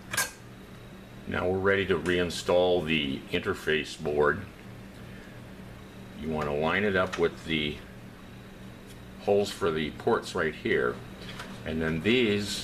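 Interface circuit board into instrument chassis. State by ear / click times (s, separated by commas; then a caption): not seated / none. Someone talks while an interface circuit board is positioned by hand and lined up with the port holes in a 950i Series instrument chassis before being pressed in. The handling is quiet, and nothing has seated or clicked yet.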